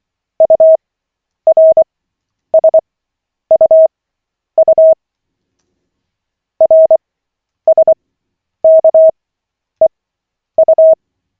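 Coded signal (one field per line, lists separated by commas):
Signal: Morse code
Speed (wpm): 24 wpm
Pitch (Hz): 640 Hz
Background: none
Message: URSUU RSKEU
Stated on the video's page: Koch method CW practice session, lesson 6 of 40, on LCWO.net.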